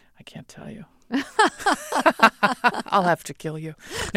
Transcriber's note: laughter